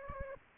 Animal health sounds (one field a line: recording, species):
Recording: mosquito wingbeat signal from an infrared sensor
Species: Aedes aegypti